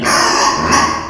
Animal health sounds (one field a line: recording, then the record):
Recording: squeal of a Yucatan mini pig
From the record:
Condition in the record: before surgery on the right vocal fold (resection and tissue-engineered implant)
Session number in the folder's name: 2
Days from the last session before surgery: 0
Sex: male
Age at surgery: 12 weeks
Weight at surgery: 13 kg